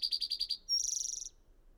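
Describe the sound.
Bird song: six fast repeated high notes, a brief pause, then a thin whistle leading into a rapid buzzy trill.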